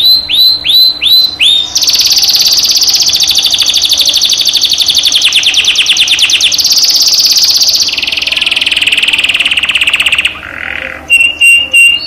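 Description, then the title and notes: Canary song: a few swooping upslurred notes, then long, very rapid buzzy trills that shift pitch several times, ending with short bright whistled notes. Canary 'masteran' tutor recording, made to stimulate birds to sing more intensely; local name kenari. "PANCINGAN SUARA MASTERAN KENARI BIKIN BURUNG MAKIN MENGGILA. masteran kicau kenari"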